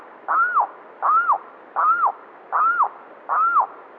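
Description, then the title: Limpkin crying in five loud, slurred, wailing notes that climb and fall, spaced evenly under a second apart. "LuckyPassaro Completos2Sama. Limpkin (Aramus guarauna)"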